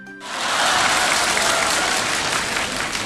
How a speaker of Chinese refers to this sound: 你看我们这一上台 啊， 观众报以热烈的掌声 啊，这同志们非常的热情。